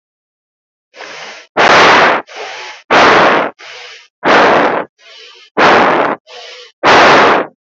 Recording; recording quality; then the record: shallow breathing; excellent, no background noise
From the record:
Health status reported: COVID-19 positive, no symptoms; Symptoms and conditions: none ticked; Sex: female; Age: 20 years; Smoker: not ticked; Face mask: not worn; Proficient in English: yes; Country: India